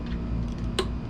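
A timing belt cover is pressed onto a motorcycle engine against a steady low hum. At 0.8 s there is one sharp, bright pop as the cover snaps into place and seats.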